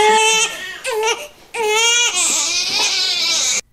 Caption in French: Il a faim. C'est le son na. Ça se rapproche du son de la tétée. Il fait na.